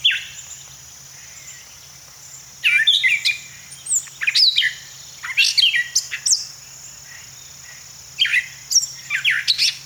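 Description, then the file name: Gray catbird delivering mixed squeaky and chattering phrases after a short opening note, with a quiet pause early on and a steady high hum behind. "Gray Catbird - Dumetella carolinensis"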